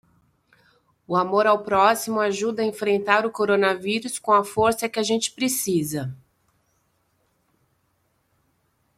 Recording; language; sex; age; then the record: spoken sentence; Brazilian Portuguese; female; 40 to 49 years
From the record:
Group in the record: control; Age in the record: 48 years